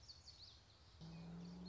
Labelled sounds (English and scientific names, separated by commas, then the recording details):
Common Yellowthroat (Geothlypis trichas)
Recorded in Sonoma County, California